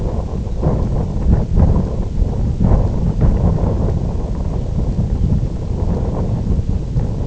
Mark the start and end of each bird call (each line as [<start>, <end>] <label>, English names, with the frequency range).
[0.41, 0.60] Lapland Longspur (3.5-4.3 kHz)
[5.14, 5.32] Lapland Longspur (2.7-3.4 kHz)